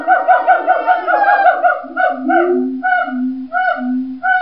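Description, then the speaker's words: Siamangs singing in chorus: several overlapping ringing hoots and booms at first, thinning to a slower series of single hoots over low booming notes. Family groups sing together; loud, melodic calls; inflated throat pouch (gular sac) enhances and resonates the voice. "This is what siamangs sound like."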